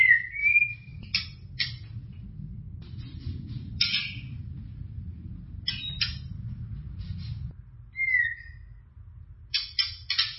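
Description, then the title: White-rumped shama song: a brief whistled opening, then many harsh scratchy bursts with one more clear whistle, over a persistent low rumble. "Kicau Murai Batu"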